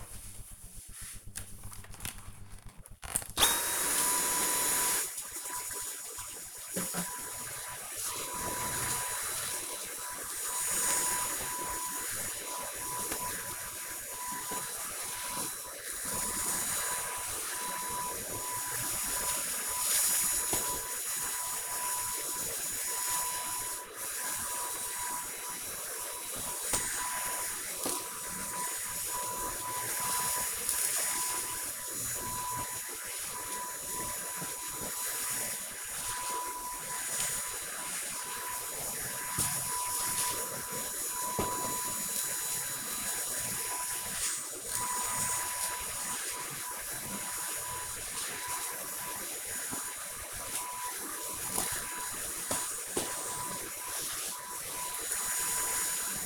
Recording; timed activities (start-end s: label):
household activities, microphone on the right wrist
1.88-56.26 s: vacuum cleaning